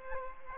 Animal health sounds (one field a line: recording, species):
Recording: mosquito wingbeat signal from an infrared sensor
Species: Aedes aegypti